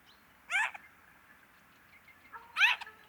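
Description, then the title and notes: Eurasian jay giving two short calls about two seconds apart, each with stacked slanting tones, over a quiet background. Eurasian jays in October 2019, part of a large influx from northern Europe across France after poor oak fruiting in Scandinavia and likely strong breeding; varied calls in numbers. "sonothèque Fernand DEROUSSEN. Geai des chênes (Garrulus glandarius)"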